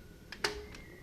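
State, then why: Seated. A washing machine door is closed and its latch gives a sharp click at 0.5 s, with fainter ticks around 0.3 s and 0.8 s. The latch seats and the door is shut.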